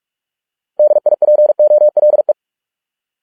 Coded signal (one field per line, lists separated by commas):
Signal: Morse code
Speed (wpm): 46 wpm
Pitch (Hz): 600 Hz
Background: none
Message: DIPOLE